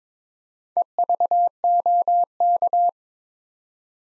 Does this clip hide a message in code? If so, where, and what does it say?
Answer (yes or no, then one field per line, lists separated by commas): yes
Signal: Morse code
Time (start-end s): 0.8-2.9 s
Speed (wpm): 22 wpm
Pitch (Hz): 700 Hz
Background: none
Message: EVOK